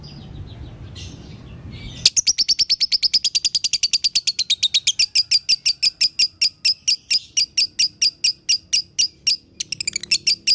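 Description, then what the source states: Lovebird song bursting in after two quiet seconds, a rapid stream of shrill chirps that gradually slows into spaced notes, then speeds up again. Lovebird in the konslet song style; masteran (song-training) recording.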